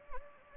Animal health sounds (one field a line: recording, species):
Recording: mosquito wingbeat signal from an infrared sensor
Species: Anopheles gambiae